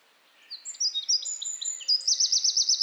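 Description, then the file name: Eurasian wren: a brief burst of high, clear notes leading into a fast, ringing trill of evenly repeated pulses. "Troglodytes troglodytes"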